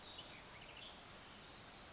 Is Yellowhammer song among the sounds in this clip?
no